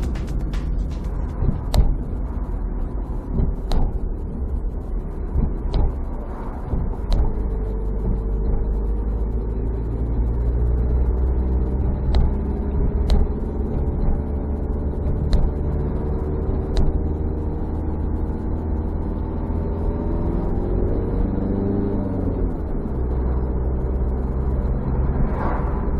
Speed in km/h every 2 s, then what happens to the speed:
31, 29, 27, 25, 23, 25, 31, 35, 36, 36, 40, 46, 48.
0-9 slows to 23. 9-26 speeds up to 48.